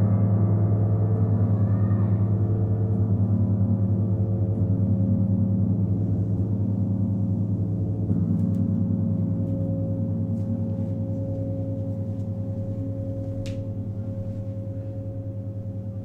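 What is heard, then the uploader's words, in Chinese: A struck gong rings out in a long, steady drone with a deep low hum and several sustained overtones shimmering above it. The sound fades gradually across the whole stretch without a new strike, with a few faint clicks and taps around the middle and end. 銅鑼練習Gong。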